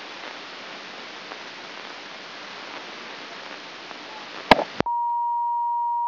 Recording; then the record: brain microelectrode recording played as sound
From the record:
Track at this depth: outside the subthalamic nucleus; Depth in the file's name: 7.067 mm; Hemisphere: left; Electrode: 2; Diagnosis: Parkinson's disease